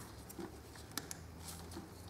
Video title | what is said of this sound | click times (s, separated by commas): Mini 1 6D Turbotune Diesel Chip Tuning Box fitting guide | that will also click nice and tight okay some | 1.0 s